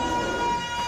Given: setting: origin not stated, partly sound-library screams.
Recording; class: one-second piece from a danger detection set; woman in danger